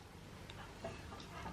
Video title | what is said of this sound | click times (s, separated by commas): Mend clothes with me #2 | did you hear that snap though it works | 0.5 s